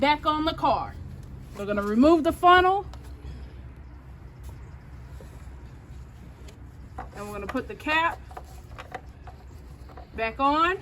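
On a 2017 Kia Forte LX, the funnel is removed and the plastic oil filler cap is picked up and set onto the engine oil filler neck before tightening, with soft handling sounds between stretches of talk. Someone talks throughout. The cap has not been tightened or clicked yet.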